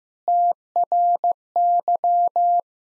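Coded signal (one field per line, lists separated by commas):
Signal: Morse code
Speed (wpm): 16 wpm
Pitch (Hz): 700 Hz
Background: none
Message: TRY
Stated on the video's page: Morse code practice at 15 wpm sending jokes, using contextual priming.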